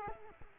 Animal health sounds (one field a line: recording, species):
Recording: mosquito wingbeat signal from an infrared sensor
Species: Culex quinquefasciatus